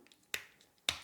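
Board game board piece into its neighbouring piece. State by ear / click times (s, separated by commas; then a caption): seated / 0.3 s, 0.9 s. Pieces of a board game's play board are pressed into their neighbouring pieces and snap into place, fitting together very well. Two sharp, bright clicks land at 0.3 s and 0.9 s, with a few faint small ticks in between. Both pieces seat firmly.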